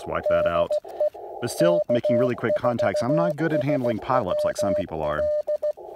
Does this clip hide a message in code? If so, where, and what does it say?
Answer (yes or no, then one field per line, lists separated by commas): yes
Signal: Morse code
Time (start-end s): 0.3-5.7 s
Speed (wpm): 17 wpm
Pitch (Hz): 600 Hz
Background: speech, radio noise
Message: DE K4SWL